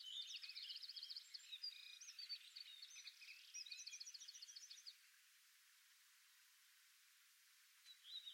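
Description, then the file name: Eurasian wren song, a rapid, high, tumbling run of sharp notes and fast buzzy trills lasting about five seconds, then quiet with a faint note at the end. "Troglodytes troglodytes"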